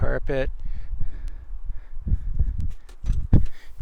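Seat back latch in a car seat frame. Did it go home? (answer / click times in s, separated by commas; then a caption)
yes / 3.3 s. Someone talks while the passenger seat back of a 1972 Volvo 1800E is folded and returned upright, with soft thumps and rustling. At 3.3 s a sharp snap is heard as the seat back latch in the car seat frame re-engages on its own and snaps into position.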